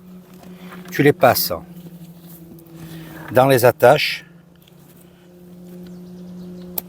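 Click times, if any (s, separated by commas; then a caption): 6.8 s. A shoulder strap's carabiner is threaded into a backpack strap attachment loop while someone talks over a steady low hum. The carabiner clips shut with a sharp snap at 6.8 seconds, seating it onto the bag attachment.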